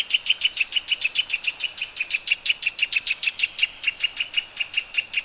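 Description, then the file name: Eurasian nuthatch delivering a steady, rapid sequence of bright, high piped notes, about six per second, continuing without a break. "Sitta europaea"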